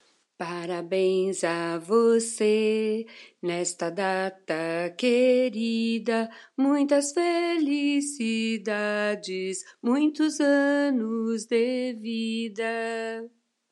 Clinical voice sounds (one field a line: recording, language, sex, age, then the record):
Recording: short text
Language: Brazilian Portuguese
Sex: female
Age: 60 to 69 years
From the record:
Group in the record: control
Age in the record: 61 years